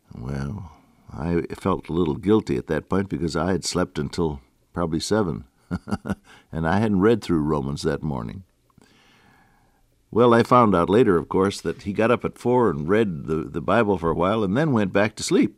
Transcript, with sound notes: Well, I felt little guilty at that point because I had slept until probably 7, (Laughs) and I had not read through Romans that morning. Well, I found out later of course that he got up at 4 and read the Bible for a while, and then went back to sleep.